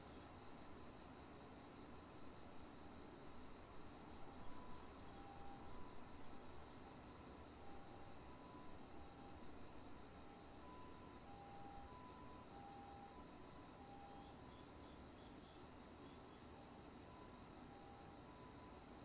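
Autumn insects in a night garden keep up a steady, dense, shrill trilling, with short mid-pitched tones chirping on and off throughout.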